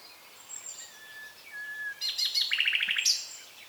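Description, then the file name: Common nightingale song: soft drawn-out whistles building into a quick series of sharp repeated chirps, ending on a bright high note. "Luscinia megarhynchos"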